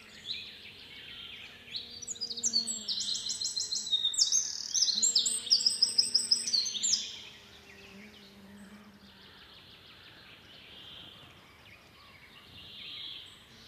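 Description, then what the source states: Eurasian wren song burst of rapid high trills and ringing notes lasting about five seconds, then quieter background with faint bird sounds and a low hum. A listener's request; has strong legs and struggles to escape during ringing.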